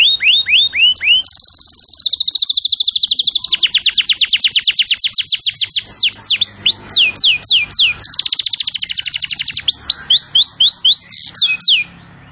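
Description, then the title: Canary singing continuously: a few short arched notes, a long fast trill, then loud sweeping slurs and rapid rolls, ending abruptly. Canary song in the cengkok style; a master recording. "Cengkok Kenari Mewah. MASTERAN KENARI CENGKOK mewah"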